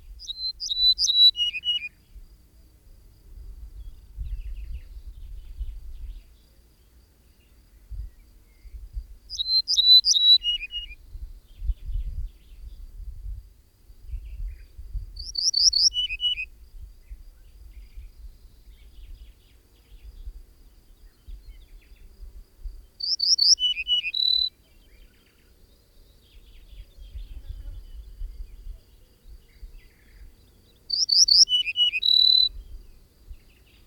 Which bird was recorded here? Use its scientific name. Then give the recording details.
Emberiza hortulana. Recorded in the wild. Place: Kardžali, Khaskovo, BG. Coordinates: 41.634, 25.378. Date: 1974-05-30. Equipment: Nagra III BH, Sennheiser MD 21, parabola. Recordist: Schubert, Michael. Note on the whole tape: Gesang Ortolan in 2 Formen